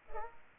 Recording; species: mosquito wingbeat signal from an infrared sensor; Culex pipiens